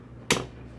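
A tool pushed into the middle of the fuel level sender on a Fore fuel pump hat for a 2005–2010 Mustang presses it evenly out of its two plastic retaining clips, so pushing from the outside doesn't break them. A single sharp snap sounds at 0.3 s and fades quickly into a quiet background. The sender is released from its clips.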